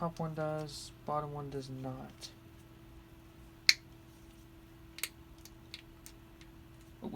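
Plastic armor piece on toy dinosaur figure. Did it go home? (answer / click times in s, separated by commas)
no / none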